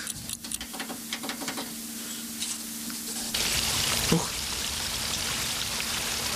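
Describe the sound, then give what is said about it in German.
Water runs down a sloped surface, trickling steadily with scattered droplet-like splashes, then swells into a fuller, broader wash of flowing water that continues to the end. “Da fließt Wasser eine schräge Ebene runter.”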